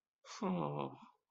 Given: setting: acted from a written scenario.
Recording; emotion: vocal sound without words; romantic love